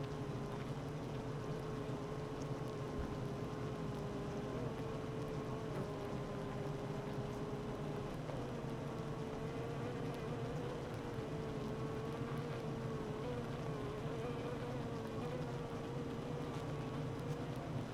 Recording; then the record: honeybee colony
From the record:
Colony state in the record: active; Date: 12 June 2018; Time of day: 9:01